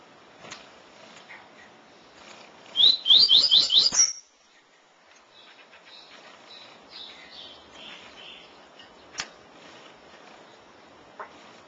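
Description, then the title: Double-collared seedeater song: a loud burst of rapid, sharp, high notes repeated for about a second, then faint scattered chirps over background hiss. "Canto Coleiro"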